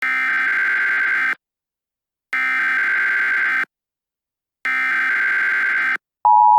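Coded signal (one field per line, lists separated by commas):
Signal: Emergency Alert System (SAME) tones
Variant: header bursts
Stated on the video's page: Fictional EAS scenario using valid EAS tones.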